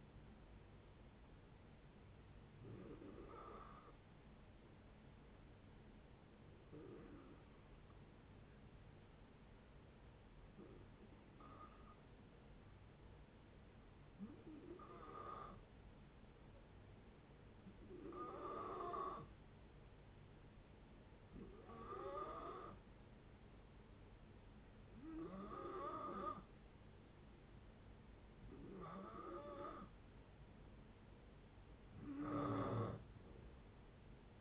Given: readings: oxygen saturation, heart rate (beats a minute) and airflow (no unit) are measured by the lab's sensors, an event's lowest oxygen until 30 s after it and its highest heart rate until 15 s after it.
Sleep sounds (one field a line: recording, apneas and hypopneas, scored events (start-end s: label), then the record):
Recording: breathing in sleep by a voice recorder at the bedside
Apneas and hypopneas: 1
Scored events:
3.00-27.30 s: hypopnea (N1, oxygen 96% highest, then 89% lowest)
19.00-34.41 s: new sleep stage, N2 (light sleep)
From the record:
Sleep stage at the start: N1 (lightest sleep)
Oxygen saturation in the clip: 87 to 96%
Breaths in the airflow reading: 9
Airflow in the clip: -5.5 to 7.3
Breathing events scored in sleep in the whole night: 496 in 5.4 hours asleep